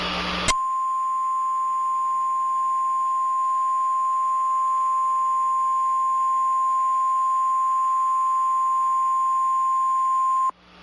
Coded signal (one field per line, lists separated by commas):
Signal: Emergency Alert System (SAME) tones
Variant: 1050 Hz attention tone